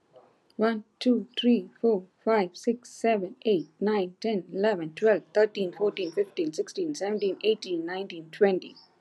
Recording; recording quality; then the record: counting at a fast pace; excellent, no background noise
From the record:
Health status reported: COVID-19 positive, mild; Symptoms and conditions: cough, fever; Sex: female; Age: 50 years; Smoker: not ticked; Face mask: not worn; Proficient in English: yes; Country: India